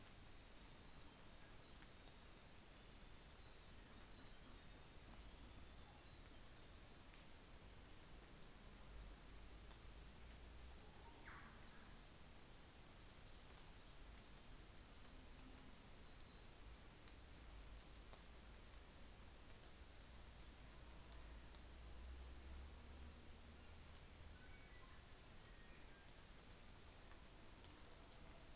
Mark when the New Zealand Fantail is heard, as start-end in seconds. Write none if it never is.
18.58-19.03